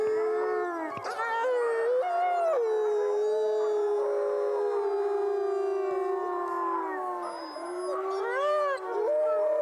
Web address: wolf